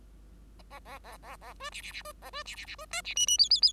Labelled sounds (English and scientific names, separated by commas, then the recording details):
Bengalese Finch (Lonchura striata domestica) song
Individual Bird5